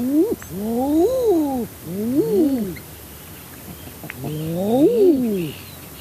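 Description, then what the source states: Common Eider courtship calls: a series of several crooning, arched 'ah-ooo' notes, rising then falling, some overlapping, with faint higher-pitched bird calls behind. Eiders, including drakes, communicating with each other.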